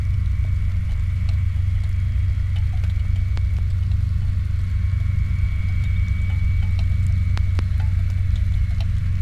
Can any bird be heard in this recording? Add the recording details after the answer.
no. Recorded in the Prudhoe Bay oil fields, Alaska, on 15 July 2019 at 07:22. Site 29